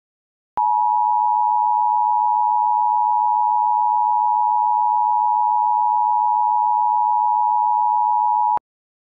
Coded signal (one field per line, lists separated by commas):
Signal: Emergency Alert System (SAME) tones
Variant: 853 and 960 Hz attention tone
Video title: EAS mock: Solaria Chaos